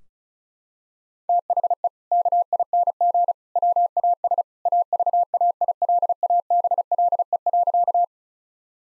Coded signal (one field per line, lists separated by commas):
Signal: Morse code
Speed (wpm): 36 wpm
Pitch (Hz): 700 Hz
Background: none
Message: THE KING WAS AVAILABLE.